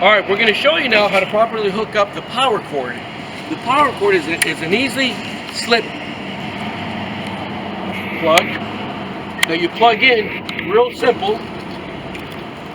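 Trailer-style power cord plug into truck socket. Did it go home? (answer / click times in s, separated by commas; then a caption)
yes / 9.4 s. Someone talks while the trailer-style power cord plug of a wrecker is pushed into the truck's socket, over a steady low hum. A sharp snap at 9.4 s marks the plug seating in the socket.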